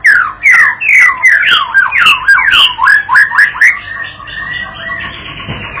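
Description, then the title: White-rumped shama song: rapid, varied whistled phrases with sharp high clicks, each note sliding up or down, delivered in quick succession before fading into softer warbles. Young shama (paud) being trained to sing continuously (gacor) with this master lure recording, meant to provoke the bird into answering immediately. "MURAI BATU PAUD BELAJAR GACOR, AJARI DENGAN MASTERAN PANCINGAN INI, PANCING LANGSUNG NYAUT"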